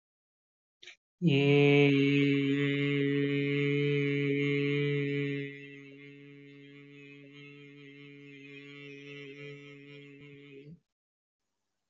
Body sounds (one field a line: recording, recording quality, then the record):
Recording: sustained vowel as in made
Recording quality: excellent, no background noise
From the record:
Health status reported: healthy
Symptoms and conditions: none ticked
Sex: male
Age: 22 years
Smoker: not ticked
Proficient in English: yes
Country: India